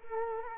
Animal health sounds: mosquito wingbeat signal from an infrared sensor; Culex quinquefasciatus

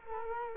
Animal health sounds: mosquito wingbeat signal from an infrared sensor; Culex quinquefasciatus

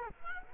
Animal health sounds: mosquito wingbeat signal from an infrared sensor; Culex quinquefasciatus

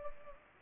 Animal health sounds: mosquito wingbeat signal from an infrared sensor; Culex pipiens

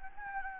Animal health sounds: mosquito wingbeat signal from an infrared sensor; Anopheles gambiae

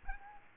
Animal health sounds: mosquito wingbeat signal from an infrared sensor; Aedes aegypti

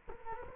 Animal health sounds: mosquito wingbeat signal from an infrared sensor; Culex quinquefasciatus

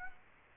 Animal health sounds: mosquito wingbeat signal from an infrared sensor; Aedes aegypti

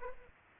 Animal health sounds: mosquito wingbeat signal from an infrared sensor; Aedes aegypti

